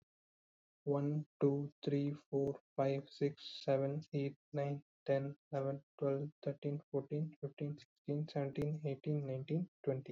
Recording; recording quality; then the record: counting at a fast pace; excellent, no background noise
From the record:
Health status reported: COVID-19 positive, no symptoms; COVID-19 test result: positive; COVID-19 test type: RT-PCR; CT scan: not taken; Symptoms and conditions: sore throat, fatigue, loss of smell and taste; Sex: male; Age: 27 years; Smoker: no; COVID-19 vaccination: both doses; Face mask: not worn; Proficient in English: yes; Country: India